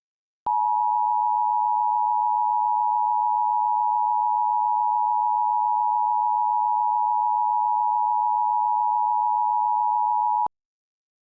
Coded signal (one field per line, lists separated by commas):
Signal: Emergency Alert System (SAME) tones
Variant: 853 and 960 Hz attention tone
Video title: [EAS] The Alternative: An Alternate History EAS Scenario